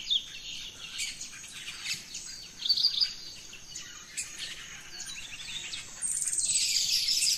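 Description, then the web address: Birds in a dawn chorus, overlapping chirps and twitters, with a dense rush of high chatter toward the end over insect hum. Dawn chorus of rainforest birds, Gran Sabana, Venezuela. "Birds in the Rainforest 03 Dawn Venezuela Gran Sabana"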